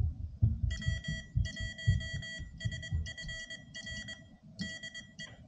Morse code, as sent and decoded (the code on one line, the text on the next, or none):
.-- .---- ... ..-. .-. / -.. .
W1SFR DE